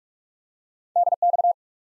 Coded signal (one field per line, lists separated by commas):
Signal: Morse code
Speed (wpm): 45 wpm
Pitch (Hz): 700 Hz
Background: none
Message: DX